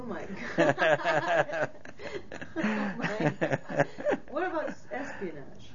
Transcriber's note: they laugh